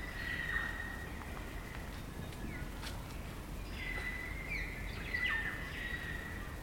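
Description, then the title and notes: Kaka chorus: several sustained level whistles and short scratchy notes spread throughout, over a steady low rumble. Kakas, a large parrot, singing an eerie dusk chorus in late spring at Karori Sanctuary near Wellington, New Zealand. "It's late spring at the Karori Sanctuary near Wellington, New Zealand and the kakas – a large species of parrot – are singing their eerie dusk chorus. BBC Countryfile Magazine's Sound Escapes. Recorded by Margaret Bartlett"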